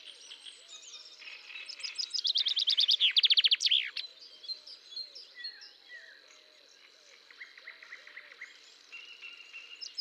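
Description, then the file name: Common chaffinch singing one loud, cascading trill of rapid notes that drops in pitch and ends with a sharp flourish, with soft chirps of other birds before and after. "Fringilla coelebs"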